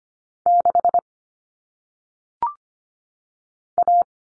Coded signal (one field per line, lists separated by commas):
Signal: Morse code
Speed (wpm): 25 wpm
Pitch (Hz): 700 Hz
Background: none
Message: 6 A